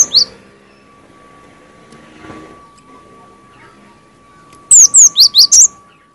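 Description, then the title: Cinereous tit: one brief high note at the start, then a quick run of five sharp, very high slurred notes near the end, with a faint hum throughout. "G3latik b4t0 suara burung gelatik winko"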